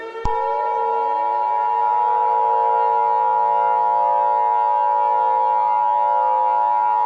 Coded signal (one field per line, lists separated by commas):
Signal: Emergency Alert System (SAME) tones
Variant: 853 and 960 Hz attention tone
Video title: Megami Saikou - An EAS scenario (Valentine's Day Special)